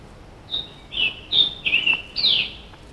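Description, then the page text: Scarlet tanager song of five raspy, rough-edged notes, stepping up and down in a choppy phrase, the last note buzzier and slightly higher. Recorded in Maryland, United States. "Maryland Biodiversity. Scarlet Tanager ( Piranga olivacea )"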